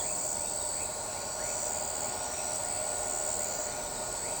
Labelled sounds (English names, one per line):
none